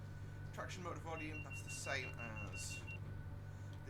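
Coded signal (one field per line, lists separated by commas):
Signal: none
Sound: train simulator cab beeps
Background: speech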